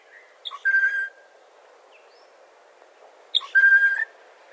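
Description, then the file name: Bird repeats a short note then a level whistled tone, twice about three seconds apart, with faint chirps between. Recorded 2011-04-21; species not identified. "2011 04 21 Mystery Bird"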